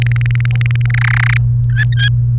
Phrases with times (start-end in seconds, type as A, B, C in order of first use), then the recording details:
0.02-0.86 A, 0.90-1.37 B, 1.70-2.08 C. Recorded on 29 April 2018 at 13:53. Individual llb3